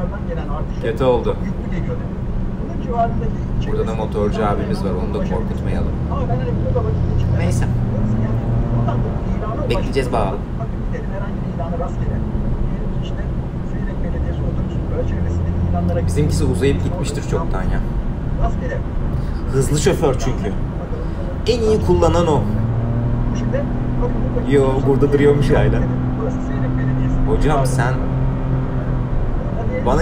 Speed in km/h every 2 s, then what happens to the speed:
88, 87, 88, 90, 96, 96, 95, 97, 97, 97, 99, 100, 107, 109, 114.
0-30 speeds up to 114.